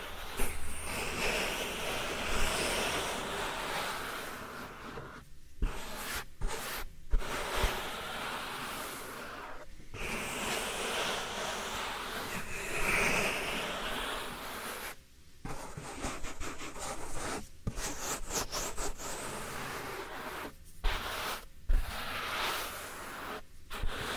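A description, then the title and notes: Soft powder is rubbed against the ear, producing a dense, continuous whooshing hiss that rises and falls like surf. The rubbing runs steadily with brief silent gaps near 5, 6–7, 10, 15 and 21 seconds, and occasional faint taps. ASMR Real Soft Powder Ear Massage (No Talking).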